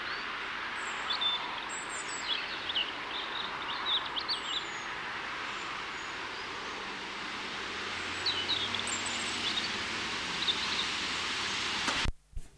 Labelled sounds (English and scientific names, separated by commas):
European Robin (Erithacus rubecula) song